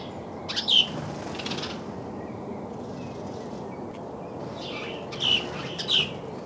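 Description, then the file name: House sparrow giving short bright chirps, one near the start and two close together near the end, over a steady low background hiss. "Passer domesticus"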